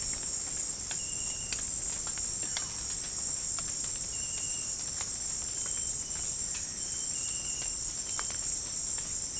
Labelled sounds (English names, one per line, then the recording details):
Russet-backed Oropendola
Cinereous Tinamou
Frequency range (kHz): Russet-backed Oropendola 0.6-2.4 kHz; Cinereous Tinamou 1.3-2.3 kHz
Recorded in dense forest near Puerto Asís, Putumayo, Colombia, on 27 June 2025 at 18:00
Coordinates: 0.503, -76.323
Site G059